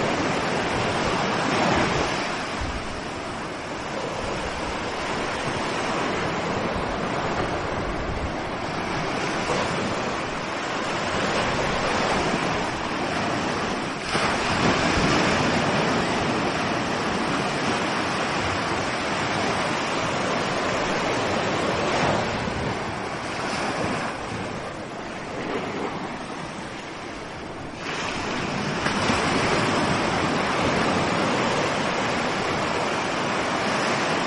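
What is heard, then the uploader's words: Ocean waves wash in a dense, steady roar that fills the whole range from deep rumble to bright hiss. The level swells gently with brief surges around 2, 14, 22 and 28 seconds, with no pause between them, and a low wind-like rumble runs underneath. Calming Ocean Wave Sounds. No loud ocean waves here; just peaceful night waves coming onto the shore.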